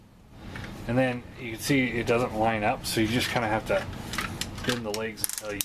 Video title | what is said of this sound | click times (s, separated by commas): Transformers review Masterpiece Ultra Magnus | uh you pull this up and then it snaps into place | 0.6 s